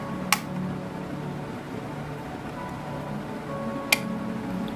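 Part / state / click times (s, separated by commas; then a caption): plastic lower wing part onto model fuselage / seated / 0.3 s, 3.9 s. The plastic lower wing section of a Zvezda 1/72 MiG-31 "Foxhound" model kit is pressed onto the fuselage, and two sharp, short clicks are heard at 0.3 s and 3.9 s over soft background music. The part snaps in and seats with a tight, snug fit.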